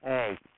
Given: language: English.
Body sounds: throat vibration sensor signal played as sound; speech

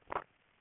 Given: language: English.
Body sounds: throat vibration sensor signal played as sound; swallow

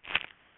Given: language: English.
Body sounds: throat vibration sensor signal played as sound; swallow

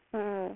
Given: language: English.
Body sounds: throat vibration sensor signal played as sound; speech

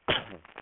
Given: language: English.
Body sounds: throat vibration sensor signal played as sound; cough

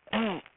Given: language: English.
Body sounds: throat vibration sensor signal played as sound; throat clearing

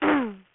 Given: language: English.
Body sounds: throat vibration sensor signal played as sound; throat clearing

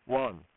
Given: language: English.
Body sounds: throat vibration sensor signal played as sound; speech

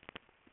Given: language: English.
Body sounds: throat vibration sensor signal played as sound; swallow

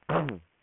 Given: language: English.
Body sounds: throat vibration sensor signal played as sound; throat clearing

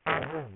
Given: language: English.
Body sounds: throat vibration sensor signal played as sound; throat clearing

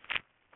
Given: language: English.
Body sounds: throat vibration sensor signal played as sound; swallow

